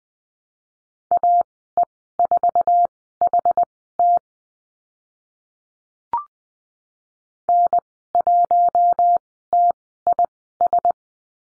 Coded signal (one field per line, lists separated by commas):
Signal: Morse code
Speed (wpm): 20 wpm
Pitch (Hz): 700 Hz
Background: none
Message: AE4HT N1TIS